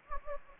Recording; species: mosquito wingbeat signal from an infrared sensor; Anopheles gambiae